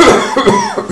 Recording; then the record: coughing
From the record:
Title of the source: Mid-morning Winter Coughing Fit